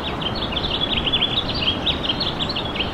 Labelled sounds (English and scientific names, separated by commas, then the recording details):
House Finch (Haemorhous mexicanus) song
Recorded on Long Island, New York, on 21 April 2011
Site SR
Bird E